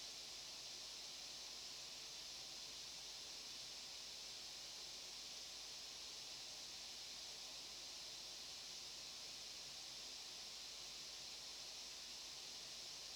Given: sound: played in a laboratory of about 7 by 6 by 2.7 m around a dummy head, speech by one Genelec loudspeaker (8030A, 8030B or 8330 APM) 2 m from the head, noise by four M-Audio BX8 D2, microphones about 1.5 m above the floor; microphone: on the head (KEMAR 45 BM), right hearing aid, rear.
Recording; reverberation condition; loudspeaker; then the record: white noise; low; four, about 170 cm from the corners of the room and facing them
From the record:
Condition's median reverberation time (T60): about 310 ms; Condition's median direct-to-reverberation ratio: about 3.5 dB